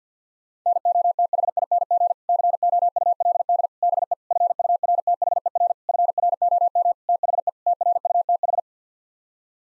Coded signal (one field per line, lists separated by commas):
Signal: Morse code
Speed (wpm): 50 wpm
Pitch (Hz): 700 Hz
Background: none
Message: NOTHING COULD BE FURTHER FROM THE TRUTH